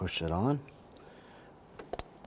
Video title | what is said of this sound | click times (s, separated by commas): How to Replace Engine Knock Sensors 2011-2017 Nissan Quest 3.5L V6 | make sure you hear and feel it snap in place give it a little wiggle pull trying to pull it off make sure it's locked on | 2.0 s